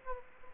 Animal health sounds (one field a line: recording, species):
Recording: mosquito wingbeat signal from an infrared sensor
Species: Aedes aegypti